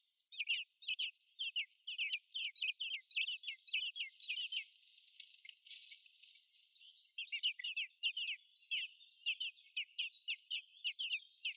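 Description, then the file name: Common blackbird uttering a steady series of high, downslurred chirps, interrupted midway by a few seconds of hissing noise before the chirps resume. "Turdus merula"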